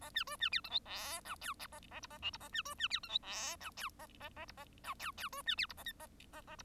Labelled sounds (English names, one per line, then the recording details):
Bengalese Finch song
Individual Bird1